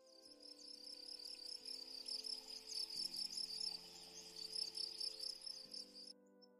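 Cricket chirping softly in fast, high pulses over steady low tones, then cutting off near the end.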